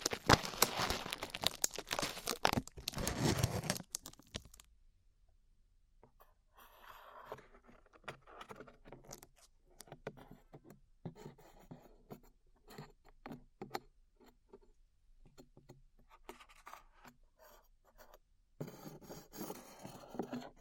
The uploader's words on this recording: ASMR Peeling Glue Off Your Ears (No Talking).